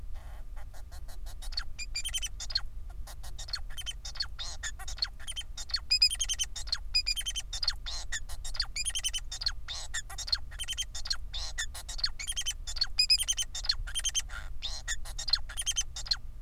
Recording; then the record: song of a male Bengalese finch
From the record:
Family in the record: son of father 4